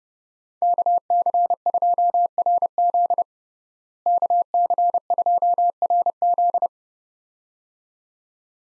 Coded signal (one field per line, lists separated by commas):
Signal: Morse code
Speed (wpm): 30 wpm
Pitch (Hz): 700 Hz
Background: none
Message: KC2RZ KC2RZ